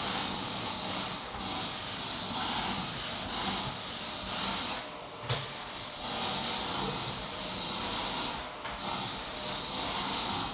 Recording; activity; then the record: daily activity, microphone in the room; vacuum cleaning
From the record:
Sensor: 3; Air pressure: 1002.0 hPa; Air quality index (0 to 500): 248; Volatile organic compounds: 52 ppm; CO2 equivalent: 3321 ppm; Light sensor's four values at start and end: 12/36/15/13 and 12/36/16/13